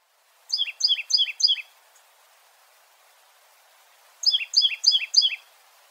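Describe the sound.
Titmouse calls in two bursts of four quick, high downslurred notes, against faint background hiss.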